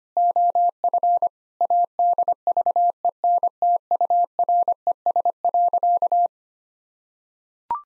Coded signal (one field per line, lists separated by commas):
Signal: Morse code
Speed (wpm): 25 wpm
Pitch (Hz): 700 Hz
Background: none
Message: OF ADVENTURES.